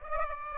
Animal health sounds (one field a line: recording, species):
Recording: mosquito wingbeat signal from an infrared sensor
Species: Aedes aegypti